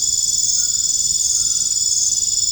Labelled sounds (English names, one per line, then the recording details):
none
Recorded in dense forest near Puerto Asís, Putumayo, Colombia, on 25 June 2025 at 22:00
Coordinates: 0.481, -76.323
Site G072